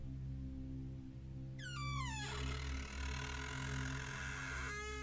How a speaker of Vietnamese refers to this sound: Cánh cửa nhà ông Luận rõ ràng trước khi đi ngủ đã được cài chốt chặt, bây giờ lại đang từ từ mở ra.